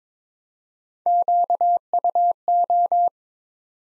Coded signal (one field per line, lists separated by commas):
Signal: Morse code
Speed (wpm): 22 wpm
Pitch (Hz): 700 Hz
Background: none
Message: QUO